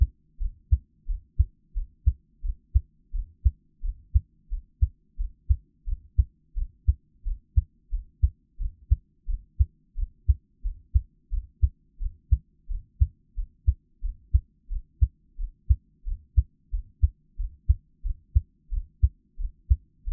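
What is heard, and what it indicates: An ASMR-style close listen to an adult's own steady, low-pitched lub-dub heartbeat at about 88 beats per minute, with even spacing and paired thumps throughout. No talking and no other background sounds are heard.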